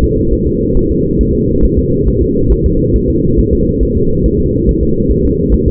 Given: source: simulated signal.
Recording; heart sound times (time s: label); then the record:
fetal heart sounds
0.04 s: S2
0.33 s: S1
0.47 s: S2
0.77 s: S1
0.91 s: S2
1.21 s: S1
1.35 s: S2
1.65 s: S1
1.79 s: S2
2.08 s: S1
2.22 s: S2
2.52 s: S1
2.66 s: S2
2.96 s: S1
3.10 s: S2
3.39 s: S1
3.53 s: S2
3.83 s: S1
3.97 s: S2
4.26 s: S1
4.40 s: S2
4.69 s: S1
4.83 s: S2
5.11 s: S1
5.25 s: S2
5.54 s: S1
5.68 s: S2
From the record:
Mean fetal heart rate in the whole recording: 140 bpm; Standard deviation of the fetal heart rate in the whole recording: 2 bpm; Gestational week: 34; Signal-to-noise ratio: -15.3 dB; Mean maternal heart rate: 72 bpm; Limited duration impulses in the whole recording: present